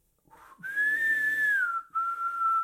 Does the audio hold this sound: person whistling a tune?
yes